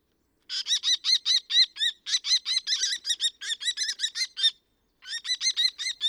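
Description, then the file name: Common kestrel giving a rapid, sharp kee-kee-kee series of high, ringing notes, about five per second, pausing briefly near the end before resuming. "faucon crecerelle"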